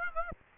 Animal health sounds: mosquito wingbeat signal from an infrared sensor; Aedes aegypti

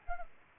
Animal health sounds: mosquito wingbeat signal from an infrared sensor; Culex pipiens

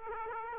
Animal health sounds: mosquito wingbeat signal from an infrared sensor; Aedes aegypti

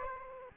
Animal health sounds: mosquito wingbeat signal from an infrared sensor; Aedes aegypti

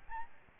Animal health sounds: mosquito wingbeat signal from an infrared sensor; Aedes albopictus

